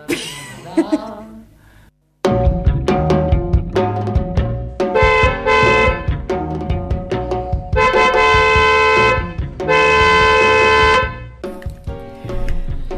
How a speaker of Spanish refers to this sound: Ahí sumándonos al bocinazo de las 21, justo a las 21 horas, ese bocinazo por Hachal. Ahí está, suena el bocinazo desde acá, desde La Colectiva, acompañando a los pobladores de Hachal y de Iglesias, que está un poquito más arriba todavía